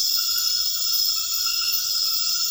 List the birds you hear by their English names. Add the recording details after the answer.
none. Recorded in dense forest near Puerto Asís, Putumayo, Colombia, on 18 February 2024 at 00:00. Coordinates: 0.496, -76.326. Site G6383